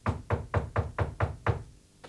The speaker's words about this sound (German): Es klopft.